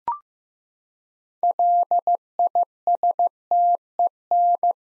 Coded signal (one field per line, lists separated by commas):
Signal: Morse code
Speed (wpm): 16 wpm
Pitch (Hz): 700 Hz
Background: none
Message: LISTEN